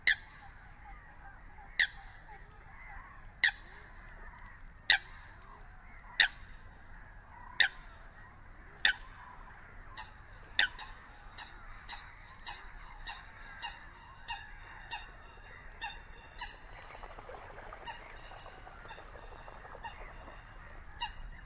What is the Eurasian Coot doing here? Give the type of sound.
call